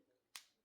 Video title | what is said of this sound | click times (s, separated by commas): How to Use Clip On Bangs!❤️@lifespanwellnessbeauty-60i64 #cliponbangs | Okay, when you hear that little snap, you know they're in. | 0.4 s